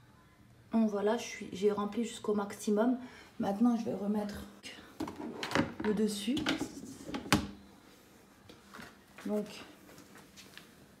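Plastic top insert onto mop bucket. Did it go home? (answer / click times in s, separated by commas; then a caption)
yes / 7.3 s. A plastic top (wringer insert) is put back onto a mop bucket that has been filled to the max line. Someone talks, then a sharp plastic snap is heard at 7.3 seconds as the top clips on and seats, followed by a few quieter handling sounds.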